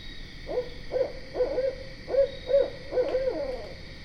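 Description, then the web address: Barred owl hooting, a rapid series of clear low hoots in quick uneven succession, some with sliding, slurred ends, over a quiet background with faint insect buzz. Recorded 12 September 2010. "Barred Owl 2010 09 12"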